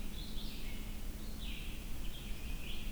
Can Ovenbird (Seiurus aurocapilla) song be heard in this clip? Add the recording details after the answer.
no. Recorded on 22 June 2016 at 05:20. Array SBT-6-76